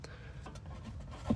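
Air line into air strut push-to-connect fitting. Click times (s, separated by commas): 0.0 s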